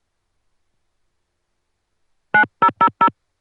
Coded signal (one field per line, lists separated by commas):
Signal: DTMF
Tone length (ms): 80 ms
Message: 9000